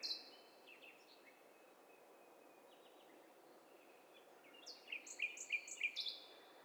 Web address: Hi Fi STEREO BIRD COCKTAIL PARTY Challenge SBCP TESTSET